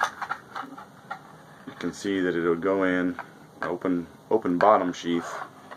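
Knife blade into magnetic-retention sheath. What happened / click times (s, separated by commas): The blade is being handled and has not yet snapped into the sheath / none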